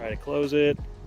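Someone talks while handling a cargo drawer in a vehicle drawer system, moving it to close. The drawer latch has not clicked or seated yet when the clip ends.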